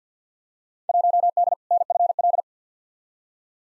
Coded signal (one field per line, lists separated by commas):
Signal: Morse code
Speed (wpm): 50 wpm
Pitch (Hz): 700 Hz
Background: none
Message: 1D NFL